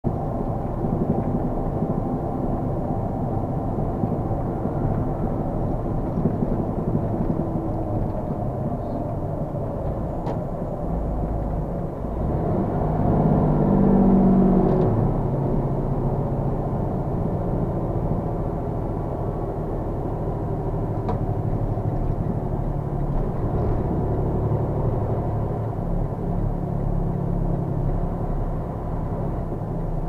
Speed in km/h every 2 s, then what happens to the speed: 69, 69, 69, 69, 63, 55, 47, 42, 39, 37, 34, 32, 32, 31, 29.
0-7 steady at about 69. 7-30 slows to 29.